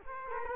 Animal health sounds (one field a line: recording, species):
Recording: mosquito wingbeat signal from an infrared sensor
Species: Culex quinquefasciatus